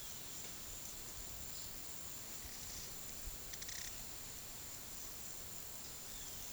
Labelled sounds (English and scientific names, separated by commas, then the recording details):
none
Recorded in pastures near Puerto Asís, Putumayo, Colombia, on 19 February 2024 at 13:00
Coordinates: 0.466, -76.323
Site G6384